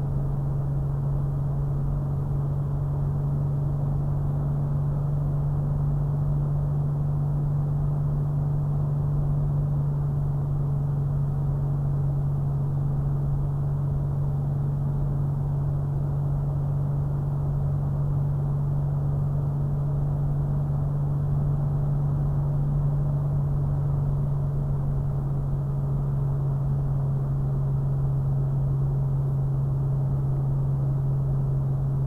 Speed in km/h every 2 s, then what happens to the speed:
76, 76, 77, 77, 76, 72, 76, 77, 76, 77, 77, 77, 74, 72, 64, 71.
0-22 steady at about 76. 22-27 slows to 64.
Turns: none.